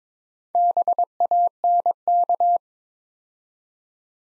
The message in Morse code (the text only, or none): BANK